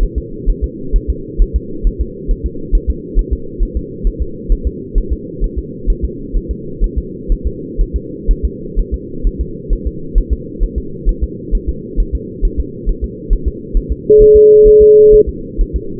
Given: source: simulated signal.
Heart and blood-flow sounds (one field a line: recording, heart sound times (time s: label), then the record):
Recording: fetal heart sounds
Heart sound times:
0.03 s: S1
0.18 s: S2
0.50 s: S1
0.64 s: S2
0.96 s: S1
1.10 s: S2
1.42 s: S1
1.56 s: S2
1.87 s: S1
2.01 s: S2
2.31 s: S1
2.46 s: S2
2.75 s: S1
2.90 s: S2
3.19 s: S1
3.33 s: S2
3.63 s: S1
3.77 s: S2
4.07 s: S1
4.22 s: S2
4.52 s: S1
4.67 s: S2
4.98 s: S1
5.12 s: S2
5.44 s: S1
5.58 s: S2
5.90 s: S1
6.05 s: S2
6.37 s: S1
6.51 s: S2
6.84 s: S1
6.98 s: S2
7.32 s: S1
7.47 s: S2
7.81 s: S1
7.96 s: S2
8.31 s: S1
8.45 s: S2
8.79 s: S1
8.94 s: S2
9.27 s: S1
9.41 s: S2
9.73 s: S1
9.87 s: S2
10.18 s: S1
10.33 s: S2
10.63 s: S1
10.78 s: S2
11.09 s: S1
11.23 s: S2
11.55 s: S1
11.69 s: S2
12.00 s: S1
12.15 s: S2
12.45 s: S1
12.60 s: S2
12.89 s: S1
13.04 s: S2
13.33 s: S1
13.48 s: S2
13.77 s: S1
13.92 s: S2
14.22 s: S1
14.36 s: S2
14.68 s: S1
14.82 s: S2
15.14 s: S1
15.29 s: S2
15.61 s: S1
15.76 s: S2
From the record:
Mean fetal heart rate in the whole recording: 130 bpm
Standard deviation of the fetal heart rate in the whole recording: 4 bpm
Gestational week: 38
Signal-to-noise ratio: -4.3 dB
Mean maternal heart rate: 72 bpm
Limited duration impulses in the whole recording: present